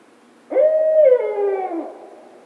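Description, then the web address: Barred Owl hoot: one deep, drawn-out note that holds steady, then slides lower and fades, lasting over a second against a quiet background. Recorded 16 March 2010. "Barred Owl 2010 03 16"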